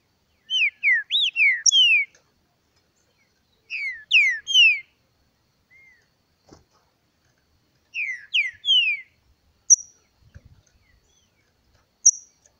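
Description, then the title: Green-winged saltator singing short bursts of three to five clear downward-sliding whistles, three phrases a few seconds apart, with brief high chips later. Kept bird in the bush, singing in competition with a free-living bird. "Trinca Ferro NICÃ O"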